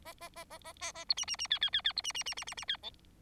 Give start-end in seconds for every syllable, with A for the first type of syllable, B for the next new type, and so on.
0.05-0.13 A, 0.20-0.29 A, 0.35-0.45 A, 0.50-0.58 A, 0.64-0.73 A, 0.80-0.92 A, 0.95-1.04 A, 1.09-1.14 B, 1.17-1.25 C, 1.27-1.36 C, 1.39-1.47 C, 1.50-1.59 D, 1.61-1.70 D, 1.73-1.82 D, 1.84-1.93 D, 1.96-2.02 B, 2.04-2.12 C, 2.14-2.23 C, 2.26-2.34 C, 2.37-2.44 C, 2.47-2.54 C, 2.57-2.65 C, 2.68-2.77 D, 2.82-2.90 E